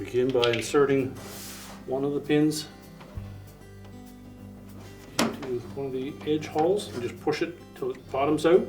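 Someone talks while plastic pins on a Frigidaire refrigerator's inner door panel are inserted into the door's edge holes and pushed to the bottom, before the panel is turned. One sharp, loud knock of handling sounds at about 5.2 s, followed by a softer one. Nothing has seated or clicked into place yet.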